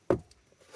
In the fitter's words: all, just that little pop right there, okay?